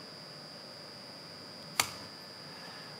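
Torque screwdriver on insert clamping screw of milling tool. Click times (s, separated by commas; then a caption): 1.8 s. A torque screwdriver tightens the insert clamping screw on a solid carbide milling cutter. Against a steady background hum, it gives one sharp click at 1.8 s when it reaches its set torque. The screw is then confirmed fixed.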